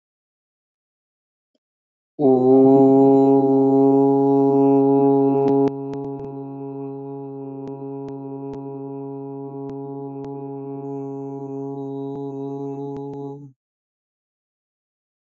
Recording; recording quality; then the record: sustained vowel as in boot; moderate, slight background noise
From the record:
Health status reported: healthy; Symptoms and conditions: none ticked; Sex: male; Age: 24 years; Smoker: not ticked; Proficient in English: yes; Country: India